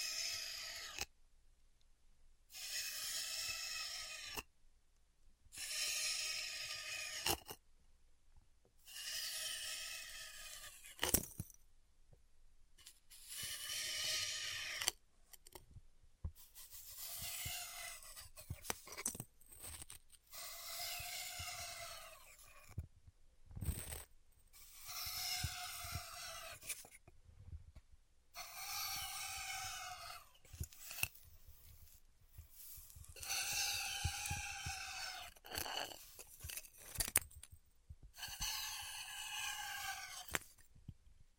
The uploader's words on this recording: ASMR Styrofoam Heat Cutting (No Talking).